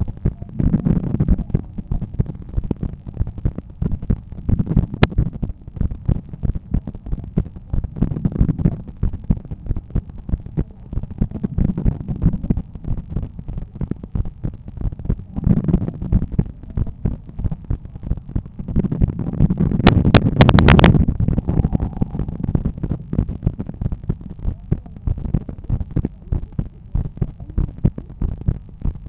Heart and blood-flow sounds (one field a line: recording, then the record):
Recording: heart sounds by stethoscope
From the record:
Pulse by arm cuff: 93 bpm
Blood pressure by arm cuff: 145/88 mmHg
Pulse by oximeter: 95 bpm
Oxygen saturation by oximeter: 96%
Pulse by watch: 103 bpm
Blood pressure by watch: 128/84 mmHg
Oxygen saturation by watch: 97%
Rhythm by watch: sinus rhythm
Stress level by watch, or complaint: low stress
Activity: after 5 min smoking and 1 beer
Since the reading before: plus 400 steps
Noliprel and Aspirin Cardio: no pills today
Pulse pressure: 57 mmHg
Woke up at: 7:30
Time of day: 17:50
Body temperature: 36.4 C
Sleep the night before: 9 h 22 min, score 68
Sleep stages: REM 22%, light 66%, deep 4%, awake 8%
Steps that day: 11800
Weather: sunny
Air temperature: 21 C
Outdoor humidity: 65%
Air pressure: 1014 hPa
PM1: 4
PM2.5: 6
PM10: 8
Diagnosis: hypertension, treated with Noliprel and Aspirin Cardio 100 mg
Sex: male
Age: 53 years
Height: 174 cm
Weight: 81 kg